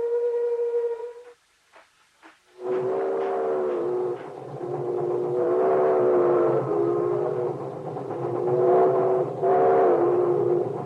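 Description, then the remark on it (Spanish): A car driving at night: a steady horn-like tone, a brief pause with a few soft knocks, then a loud continuous engine rumble with wavering, blaring tones riding over it. No one speaks. “Placeres de conducir de noche.”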